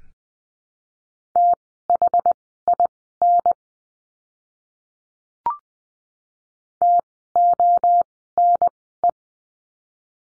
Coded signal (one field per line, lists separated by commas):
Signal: Morse code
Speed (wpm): 20 wpm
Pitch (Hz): 700 Hz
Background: none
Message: THIN TONE